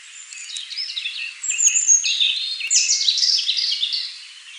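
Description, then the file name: European robin giving a brief burst of high, thin whistles and tinkling trills, rising into a louder rushing phrase before fading. "Erithacus rubecula"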